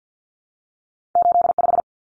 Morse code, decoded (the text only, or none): 85